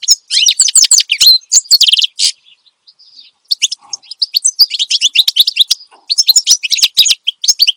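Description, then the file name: Finch song: rapid twittering bursts with buzzy trills, a quieter gap with soft calls in the middle, then energetic chattering resumes. Energetic ('gacor') song used as a master recording for tutoring songbirds. "Suara Kicauan Burung Finch Gacor Dor Cocok Untuk Masteran"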